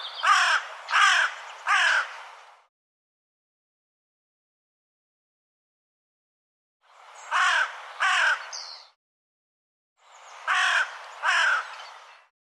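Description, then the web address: Bird giving harsh, raspy caws in three bursts of three, each burst about two seconds long with long silent gaps between. "cianscape birddata Deverinetal 2025"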